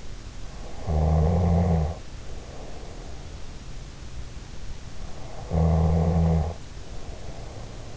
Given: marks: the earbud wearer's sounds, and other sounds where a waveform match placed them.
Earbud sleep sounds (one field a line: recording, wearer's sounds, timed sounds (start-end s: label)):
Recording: sounds in sleep by an in-ear microphone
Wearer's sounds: snoring breath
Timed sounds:
0.77-3.35 s: snoring breath
5.29-7.97 s: snoring breath